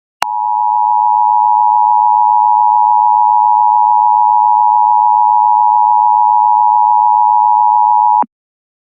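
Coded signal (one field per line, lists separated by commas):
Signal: Emergency Alert System (SAME) tones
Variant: 853 and 960 Hz attention tone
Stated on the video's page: Fictional EAS scenario with valid SAME headers, made with software including EAS Encoder.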